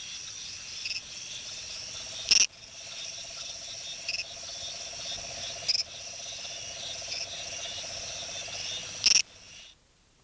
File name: Litoria bicolor